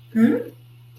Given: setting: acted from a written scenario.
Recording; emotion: vocal sound without words; confusion